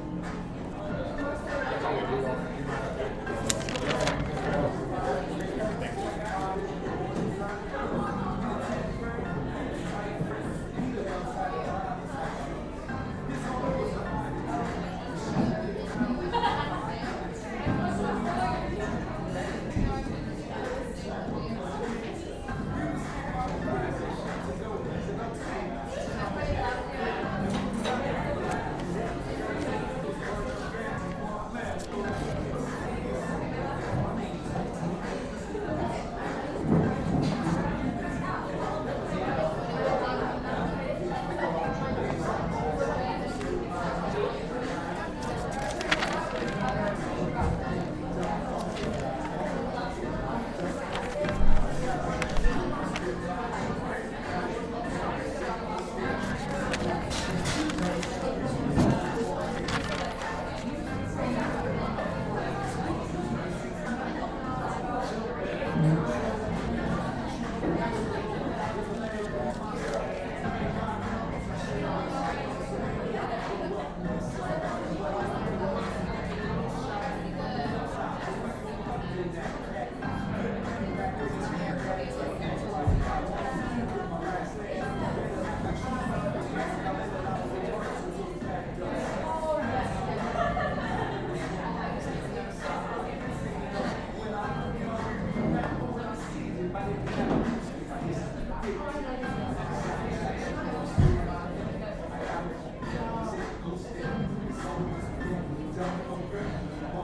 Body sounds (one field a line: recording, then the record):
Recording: background sound without coughing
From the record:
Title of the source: 60 minutes of coffee shop sounds for study and concentration